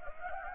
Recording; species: mosquito wingbeat signal from an infrared sensor; Anopheles gambiae